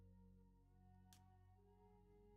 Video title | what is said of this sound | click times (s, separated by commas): Osiris Aerial Dominator Build - New Year, Same Build | Oh, that was that was that satisfying snap we're looking for. | 1.1 s